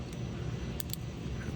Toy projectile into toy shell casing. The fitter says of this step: until it clicks in